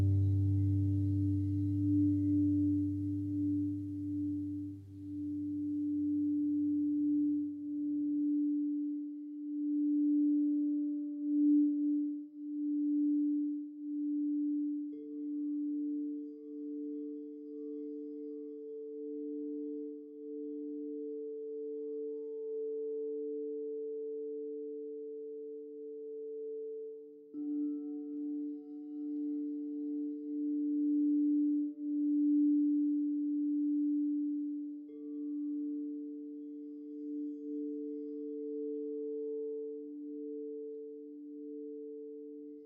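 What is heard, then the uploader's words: A sound bath of sustained singing bowl tones that hum with a slow, steady wobble. A deep low drone fades out within the first eight seconds. A second, higher tone joins around fifteen seconds, and both ring on after a brief catch near twenty-seven seconds. Sound bath.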